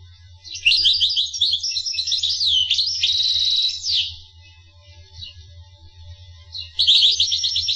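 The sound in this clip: Finch song: rapid high twittering phrases and trills, a buzzy trill in the middle, a quieter gap, then twittering resumes, over a steady low hum.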